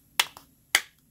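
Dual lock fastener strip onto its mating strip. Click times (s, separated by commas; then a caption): 0.2 s, 0.8 s. A plastic mushroom-head dual lock fastener strip is pressed onto its mating strip to attach a mount. It gives two sharp, bright plastic snaps at 0.2 s and 0.8 s, with a faint tick just after each, as the halves lock together and seat.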